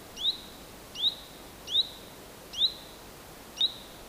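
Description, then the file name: Common chaffinch calling with clipped, bright single notes that flick upward, five calls spaced about three-quarters of a second to a second apart over a faint hiss. "Fringilla coelebs"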